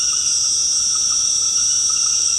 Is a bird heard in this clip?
no